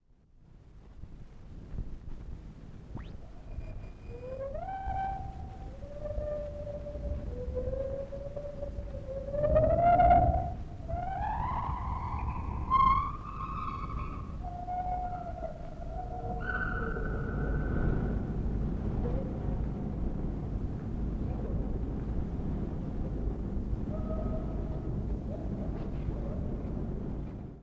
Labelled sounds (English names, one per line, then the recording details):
Lar Gibbon
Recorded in captivity
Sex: pair
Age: adult
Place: Zoo Berlin, Berlin, DE
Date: 1961-11-19 13:00
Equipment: Minifon, Kopie Smaragd
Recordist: Tembrock, Günter
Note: Paar: kurzes Duett nach der Fütterung, Abstand ca. 8 - 10 m